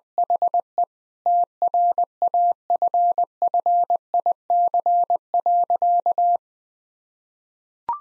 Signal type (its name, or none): Morse code